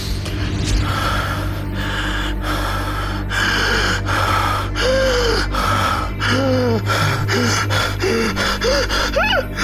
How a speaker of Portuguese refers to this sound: Começou a ficar ofegante, a hiperventilar e gemer baixinho.